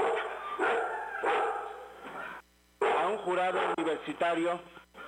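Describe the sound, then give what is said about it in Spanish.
Dogs bark in a run of sharp, loud bursts, followed by higher, wavering yelps and whines, with a voice heard among the noise. “Ya es que se alborotan los perros cada vez que leo esto.”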